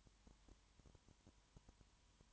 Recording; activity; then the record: daily activity, microphone in the room; no activity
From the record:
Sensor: 3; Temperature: 20.5 degrees Celsius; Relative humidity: 34.6%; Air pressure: 1001.1 hPa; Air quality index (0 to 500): 195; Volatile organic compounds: 6 ppm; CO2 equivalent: 1853 ppm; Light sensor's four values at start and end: 2/3/2/2 and 2/3/2/2